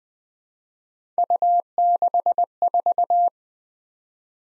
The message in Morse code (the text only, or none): U64